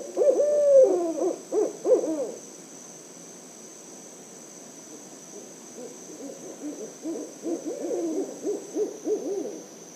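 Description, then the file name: Barred owl hooting song: a burst of loud, wavering hoots in the first two seconds, then a longer run of rapid, excited hoots after a quiet gap; steady high hiss. Series of song in Myakka City, Florida. "chouette-rayecc 81 e-chant-series-myakka-city-fl-richard-pecc 81 loquin"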